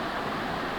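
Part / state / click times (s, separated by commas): cable plug into a speaker's input socket / not seated / none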